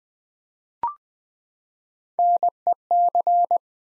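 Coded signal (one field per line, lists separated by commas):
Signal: Morse code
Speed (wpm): 20 wpm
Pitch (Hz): 700 Hz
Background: none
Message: NEC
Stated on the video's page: Morse code practice building nine-letter words three letters at a time at 20 wpm, for beginners working on instant character recognition.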